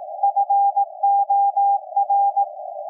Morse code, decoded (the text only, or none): FOR